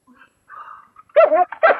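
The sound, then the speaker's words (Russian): A small dog waking up after a powder against sleep is held to its nose gives a few faint, thin whines, then lets out two sharp, loud yapping barks, the second one shorter, with no talking over it. “Поспробуй поднести порошок супраць сну до носа собачки.”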